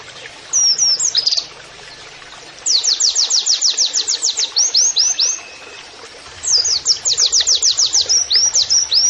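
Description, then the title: Oriental white-eye song: brief twitter, then long series of loud descending sweeping notes repeated quickly, a pause, and another similar series. Canary-like singing (kenarian), used in masteran training to teach song to caged birds; a vigorous (gacor) singer. "Pleci Gacor. MASTERAN PLECI NEMBAK KENARIAN"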